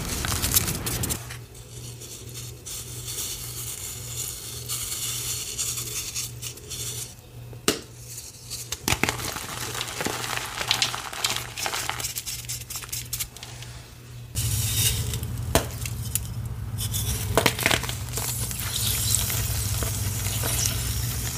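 Gym chalk is crushed in a steady run of crunching and gritty crackling, with sharp snaps and clicks scattered throughout, the loudest around 7.5 and 17 seconds. A low hum runs underneath the whole time and grows heavier during the opening second and after about 14 seconds.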